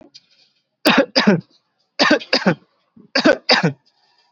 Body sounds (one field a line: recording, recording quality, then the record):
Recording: heavy voluntary cough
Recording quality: poor, much background noise or distortion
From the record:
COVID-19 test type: RT-PCR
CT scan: not taken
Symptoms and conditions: none ticked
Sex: male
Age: 19 years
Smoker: no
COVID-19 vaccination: both doses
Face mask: worn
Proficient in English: yes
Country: India